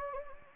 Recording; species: mosquito wingbeat signal from an infrared sensor; Anopheles gambiae